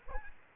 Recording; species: mosquito wingbeat signal from an infrared sensor; Aedes aegypti